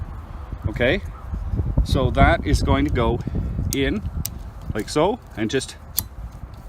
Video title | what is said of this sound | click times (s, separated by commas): How To Replace Windshield Wipers On Most Cars - Replacing Wiper Blades | done when you hear it snap just give it a little wiggle done finish | 6.0 s